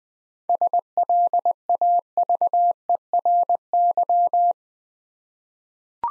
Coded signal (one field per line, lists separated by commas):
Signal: Morse code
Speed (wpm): 20 wpm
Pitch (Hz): 700 Hz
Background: none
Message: SLAVERY